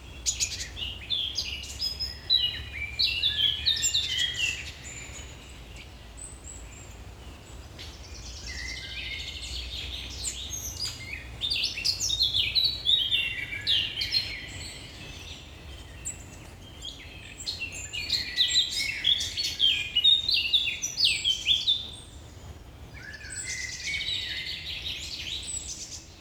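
Several birds sing in the morning, their quick, bright chirps and trills tumbling over one another in busy bursts that ease briefly around the five- and twenty-two-second marks. A steady low rumble, like traffic or wind, runs underneath throughout.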